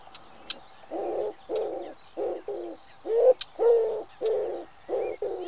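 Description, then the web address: Common wood pigeon giving repeated muffled coos in a rhythmic phrase, with a few sharp high clicks in the background. "cianscape. Deverinetal. Bird Only"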